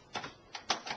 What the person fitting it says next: it clicks in